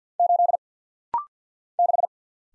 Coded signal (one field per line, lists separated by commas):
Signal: Morse code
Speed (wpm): 50 wpm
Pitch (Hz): 700 Hz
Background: none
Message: 8 6